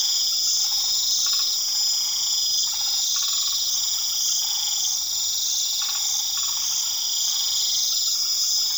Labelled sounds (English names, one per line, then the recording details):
none
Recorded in pastures near Puerto Asís, Putumayo, Colombia, on 8 March 2025 at 22:00
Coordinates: 0.487, -76.322
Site G077